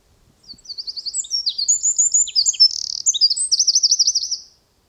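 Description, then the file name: Eurasian wren delivers an explosive, high twittering song full of rapid trills, ending in a rippling trill that stops abruptly. "Troglodytes troglodytes"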